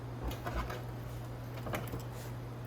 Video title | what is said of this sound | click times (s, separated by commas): Changing the Side Fairing on your Venom X22r | just give them a little push until they click | 1.7 s, 1.9 s